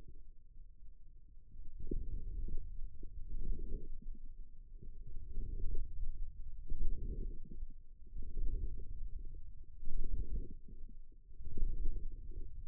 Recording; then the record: forearm muscle sounds (acoustic myography)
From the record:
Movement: radial deviation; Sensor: system 2, bracelet of six BSWA MPA416 microphones around the upper forearm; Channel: 4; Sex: male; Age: 22 years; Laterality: right